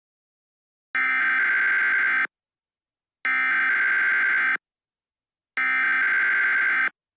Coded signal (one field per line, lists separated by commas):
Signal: Emergency Alert System (SAME) tones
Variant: header bursts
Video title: EAS Scenario - Astronomical Disaster